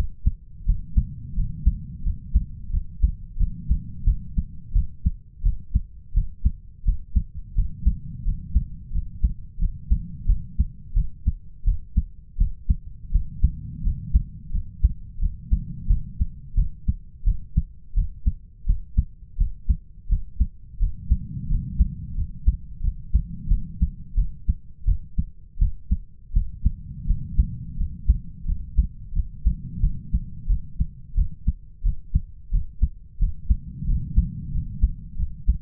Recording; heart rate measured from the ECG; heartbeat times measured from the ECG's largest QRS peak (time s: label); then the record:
heart sounds by stethoscope; 87 bpm
0.65 s: heartbeat
1.35 s: heartbeat
2.03 s: heartbeat
2.70 s: heartbeat
3.37 s: heartbeat
4.04 s: heartbeat
4.72 s: heartbeat
5.42 s: heartbeat
6.13 s: heartbeat
6.84 s: heartbeat
7.55 s: heartbeat
8.24 s: heartbeat
8.92 s: heartbeat
9.59 s: heartbeat
10.26 s: heartbeat
10.94 s: heartbeat
11.64 s: heartbeat
12.37 s: heartbeat
13.11 s: heartbeat
13.82 s: heartbeat
14.51 s: heartbeat
15.19 s: heartbeat
15.87 s: heartbeat
16.55 s: heartbeat
17.24 s: heartbeat
17.94 s: heartbeat
18.65 s: heartbeat
19.37 s: heartbeat
20.08 s: heartbeat
20.79 s: heartbeat
21.48 s: heartbeat
22.15 s: heartbeat
22.81 s: heartbeat
23.48 s: heartbeat
24.15 s: heartbeat
24.85 s: heartbeat
25.58 s: heartbeat
26.32 s: heartbeat
27.06 s: heartbeat
27.76 s: heartbeat
28.45 s: heartbeat
29.13 s: heartbeat
29.80 s: heartbeat
30.47 s: heartbeat
31.15 s: heartbeat
31.83 s: heartbeat
32.51 s: heartbeat
33.19 s: heartbeat
33.86 s: heartbeat
34.52 s: heartbeat
35.16 s: heartbeat
From the record:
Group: healthy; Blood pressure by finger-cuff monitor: 118/77 mmHg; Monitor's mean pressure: 89 mmHg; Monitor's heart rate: 87 bpm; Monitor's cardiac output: 7.5 L/min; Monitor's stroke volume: 87 mL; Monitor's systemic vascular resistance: 880 dyn s/cm5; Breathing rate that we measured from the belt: 9 breaths a minute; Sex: male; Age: 33 years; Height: 179 cm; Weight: 80.4 kg